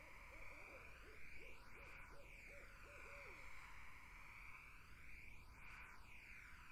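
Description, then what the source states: Barred owl calling a quick string of low, even hoots early on, then only steady background noise with sweeping bands. Several barred owls in a summer wetland.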